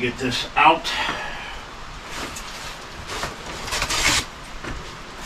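Someone talks while handling the folding latch on the frame of a folded Mukkpet Tank fat-tire e-bike after getting it out. Rustling, scraping handling noises follow, with louder bursts around 2.2 s, 3.1 s and 3.9–4.2 s. Nothing has seated or clicked yet; the latch is not yet locked into place.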